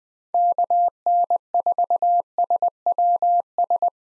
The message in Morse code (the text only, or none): KN4SWS